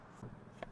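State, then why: Seated. A vehicle seat in a 2025–2026 Lexus LX 600 / LX 700h is returned to the floor and pressed down onto its floor anchor points. After a soft low thump around 0.2 s, a single sharp click at 0.6 s marks the seat latching into the floor anchor, seated.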